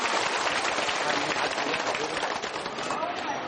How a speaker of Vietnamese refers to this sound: và trân trọng giới thiệu cùng toàn thể quý vị đề nghị quý vị cho một tràng pháo tay để cung kính chào mừng.